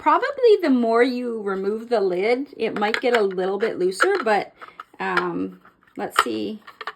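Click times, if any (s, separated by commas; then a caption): none. A 3D-printed plastic lid is handled over a diamond painting drill tray while someone talks, with a short sharp sound near the end at 6.9 seconds. The lid has not seated or clicked into place yet.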